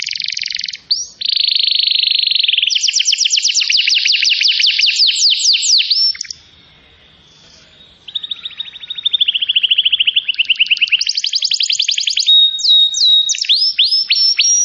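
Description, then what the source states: Canary song of rapid rolling trills and buzzy phrases changing every couple of seconds, a quiet break from six to eight seconds, then more trills and sweeping notes. Song used to lure birds.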